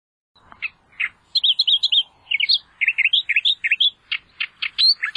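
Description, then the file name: Australian reed warbler: a fast chatter of scratchy, varied notes, some of them repeated. "suara kicauan burung kerakbasi australia. omkicau"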